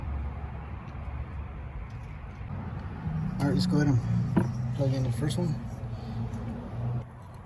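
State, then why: Not seated. Someone talks over a steady low rumble while the first spark plug wire boot on the driver's side is pushed toward its spark plug terminal on a 2000–2011 Chevrolet Tahoe, Silverado, Suburban or GMC Sierra or Yukon. Between about 3 and 7 seconds the handling grows louder, then the level drops near the end. Nothing has seated or clicked yet.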